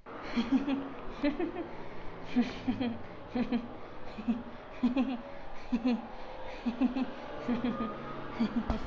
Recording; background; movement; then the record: laughter; traffic; walking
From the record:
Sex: female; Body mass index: 22.6 kg/m2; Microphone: on the chest, facing outward